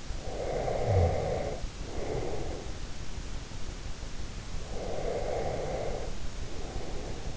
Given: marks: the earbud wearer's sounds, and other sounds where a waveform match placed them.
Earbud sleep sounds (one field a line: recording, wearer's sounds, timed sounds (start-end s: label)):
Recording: sounds in sleep by an in-ear microphone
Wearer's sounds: snoring breath, breath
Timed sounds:
0.17-2.80 s: snoring breath
4.63-7.37 s: breath